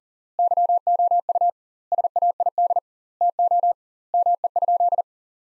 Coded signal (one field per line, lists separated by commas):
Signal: Morse code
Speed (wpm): 37 wpm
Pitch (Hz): 700 Hz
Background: none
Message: YOU SAID TO ME?